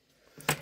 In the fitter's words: push her until you hear a click